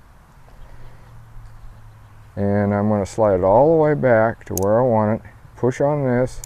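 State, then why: Not seated. An EZ Shoot barrel-mount bipod clamp is placed onto the barrel of a Ruger AR556 rifle, lined up, slid back and pushed. A quiet low hum runs throughout while someone talks from about 2.4 seconds on. Nothing has snapped or clicked into place yet.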